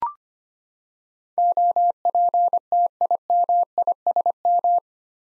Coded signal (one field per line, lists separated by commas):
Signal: Morse code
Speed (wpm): 25 wpm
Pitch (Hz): 700 Hz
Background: none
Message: OPTIMISM